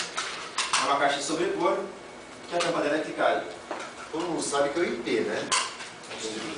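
A plastic snap-on lid is pressed onto a Kraus Muller surface-mount plastic electrical junction box, giving two sharp clicks at 0.2 s and 0.6 s as it seats. Someone talks throughout, and the lid ends up snapped shut on the box.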